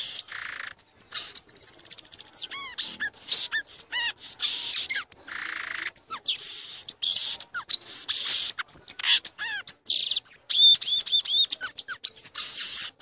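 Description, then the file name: Violaceous euphonia song, a dense, continuous jumble of high chirps, slurred whistles and quick trilled notes, varied and almost without pause. "gaturamo verdadeiro"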